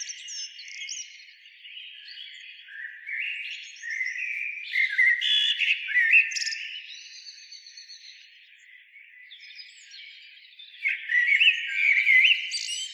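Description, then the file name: Common blackbird warbling song, mellow phrases with rising and falling notes, louder bursts near five and eleven seconds, with high twittery notes. "Turdus merula"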